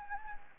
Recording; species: mosquito wingbeat signal from an infrared sensor; Anopheles gambiae